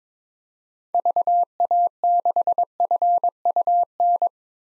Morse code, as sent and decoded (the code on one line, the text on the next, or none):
...- .- -.... ..-. ..- -.
VA6FUN